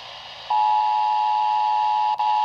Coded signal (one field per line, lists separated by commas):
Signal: Emergency Alert System (SAME) tones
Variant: 853 and 960 Hz attention tone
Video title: EAS#122 Tornado Watch